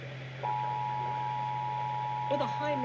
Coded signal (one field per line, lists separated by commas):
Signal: Emergency Alert System (SAME) tones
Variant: 853 and 960 Hz attention tone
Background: speech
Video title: I SAY DAVIDSON MONDAY NIGHT SEVERE T' STORMS SOUTHEASTERN TX EAS Alerts from 5/8/23 (EAS#240 & #260)